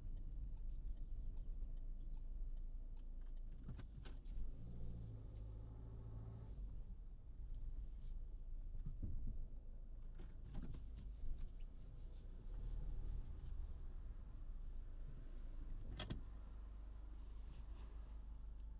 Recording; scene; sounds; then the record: everyday scene through a hearing-aid microphone; in a vehicle; engine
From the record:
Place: Berlingo II, diesel engine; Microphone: in the ear canal, right